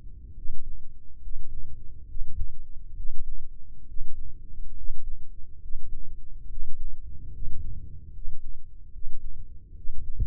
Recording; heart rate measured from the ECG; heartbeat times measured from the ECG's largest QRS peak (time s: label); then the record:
heart sounds by microphone in the left ear; 70 bpm
0.34 s: heartbeat
1.20 s: heartbeat
2.06 s: heartbeat
2.94 s: heartbeat
3.85 s: heartbeat
4.74 s: heartbeat
5.59 s: heartbeat
6.47 s: heartbeat
7.31 s: heartbeat
8.11 s: heartbeat
8.91 s: heartbeat
9.74 s: heartbeat
From the record:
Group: healthy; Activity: rest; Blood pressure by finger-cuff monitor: 109/66 mmHg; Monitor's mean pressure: 79 mmHg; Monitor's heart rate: 70 bpm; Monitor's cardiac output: 6.5 L/min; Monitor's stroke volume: 96 mL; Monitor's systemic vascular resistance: 870 dyn s/cm5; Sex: male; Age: 23 years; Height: 178 cm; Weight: 96.6 kg